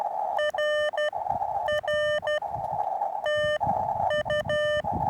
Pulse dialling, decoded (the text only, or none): none